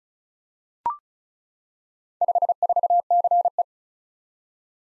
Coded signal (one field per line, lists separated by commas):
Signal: Morse code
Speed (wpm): 36 wpm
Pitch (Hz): 700 Hz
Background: none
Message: 54CE